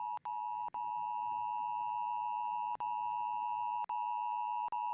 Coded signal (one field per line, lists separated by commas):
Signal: Emergency Alert System (SAME) tones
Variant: 853 and 960 Hz attention tone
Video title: My eas secenario sneak peak part 2 (Sorry Lag)